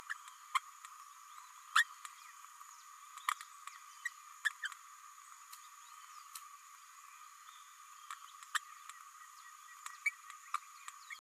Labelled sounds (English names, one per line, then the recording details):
Green-rumped Parrotlet babbling
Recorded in a nest box in Venezuela
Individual 18B104A5